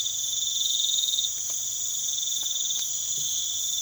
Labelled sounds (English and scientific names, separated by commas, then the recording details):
none
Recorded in pastures near Puerto Asís, Putumayo, Colombia, on 12 March 2025 at 02:00
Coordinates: 0.487, -76.322
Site G077